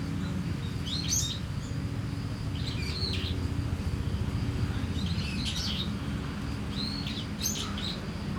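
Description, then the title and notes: Starling song of squeaky, looping chirps in clusters, set against a high insect trill and heavy low traffic noise. Singing in a tree, Kiyosumi garden, Tokyo, Japan; crickets and cars around; recorded binaurally with DPA 4060 mics in a bag onto a Deity PR-2. "Kiyosumi garden, Tokyo, Japon - Starling in a tree. Starling singing in a tree, crickets, cars, helicopter, people passing by. Un étourneau chante dans un arbre"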